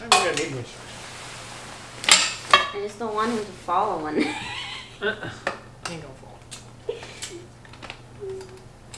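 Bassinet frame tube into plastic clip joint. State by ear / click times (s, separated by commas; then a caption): not seated / none. A bassinet frame tube is pushed into its plastic clip joint while someone talks, with a few sharp knocks near 2.0–2.5 seconds and softer taps later. The part sits in place, but nothing has clicked or seated yet.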